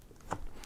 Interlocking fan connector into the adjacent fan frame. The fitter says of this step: and that is it. That is the unit locked into place.